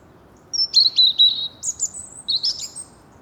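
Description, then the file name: European robin singing a rapid phrase of high, thin, wavering whistles with sharp sliding notes, all in under three seconds, against quiet background hiss. "Erithacus rubecula"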